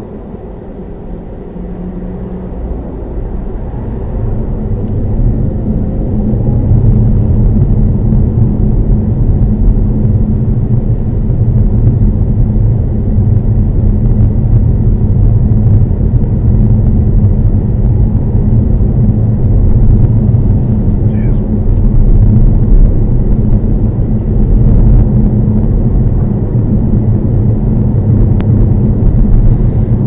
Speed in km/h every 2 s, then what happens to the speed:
3, 13, 26, 32, 29, 27, 27, 27, 29, 32, 32, 34, 35, 35, 35.
0-5 speeds up to 32. 5-30 steady at about 32.